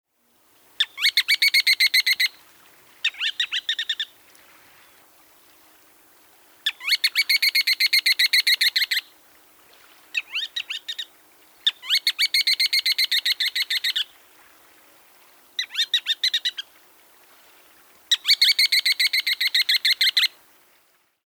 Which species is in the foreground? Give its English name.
Ruddy Turnstone